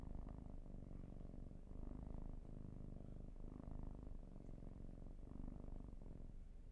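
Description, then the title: Cat's purr, rumbling and steady, with a breathing rhythm giving regular gentle surges. "Field Recs Purrathon RAW"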